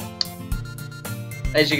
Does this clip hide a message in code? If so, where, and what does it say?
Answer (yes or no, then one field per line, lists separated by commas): no